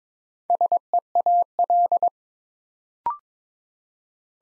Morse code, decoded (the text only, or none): SEAL